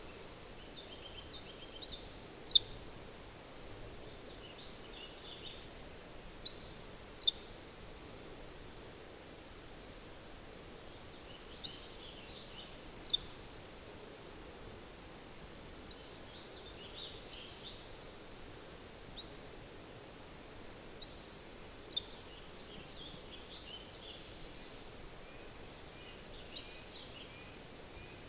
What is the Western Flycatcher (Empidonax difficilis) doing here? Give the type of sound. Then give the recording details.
song. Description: Cordilleran Flycatcher song recorded on the Gem Lake Trail in Rocky Mountain National Park. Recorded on 22 June 2015